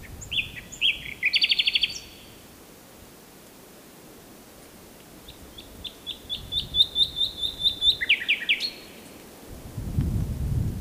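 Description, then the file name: Common nightingale song: varied phrases of rapid repeated notes and buzzy trills, a burst near two seconds, then a long series of quick chirps from five to nine seconds, and a low rumble at the end. "Luscinia megarhynchos"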